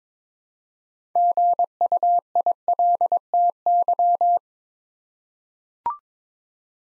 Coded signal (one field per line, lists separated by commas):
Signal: Morse code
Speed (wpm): 21 wpm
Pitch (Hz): 700 Hz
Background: none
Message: GUILTY